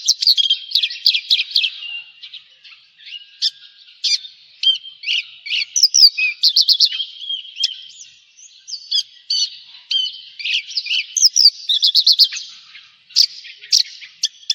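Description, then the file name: Javan bush lark with a changeable song of quick rattling trills, slurred whistles and sharp notes, pausing briefly between phrases. "suara burung branjangan jawa"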